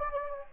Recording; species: mosquito wingbeat signal from an infrared sensor; Anopheles gambiae